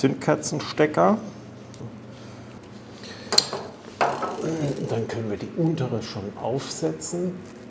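Someone talks while handling the rubber and plastic spark plug cap of the lower spark plug on a BMW R 1200 GS motorcycle, getting ready to push it onto the plug until it latches. Brief handling knocks are heard around 3.3 s and 4.0 s. Nothing has seated or clicked yet.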